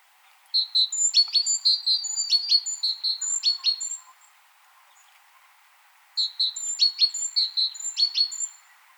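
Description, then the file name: Great tit giving two long runs of rapid, high chinking and whistled notes, separated by a quiet gap of about two seconds. "Parus major"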